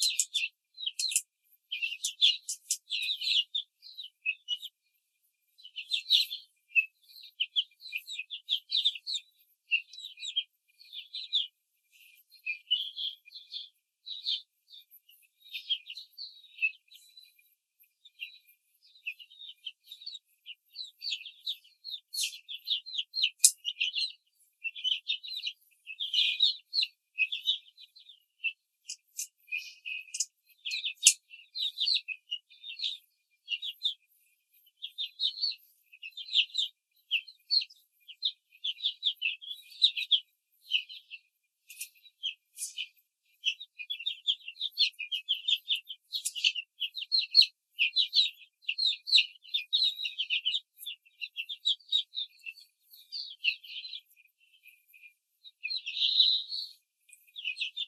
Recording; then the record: young laying hens in a cage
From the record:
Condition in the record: control cage, before the stress test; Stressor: none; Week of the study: 4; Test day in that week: 1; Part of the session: 2